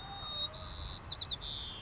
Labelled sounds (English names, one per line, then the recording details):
White-crowned Sparrow
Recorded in Sonoma County, California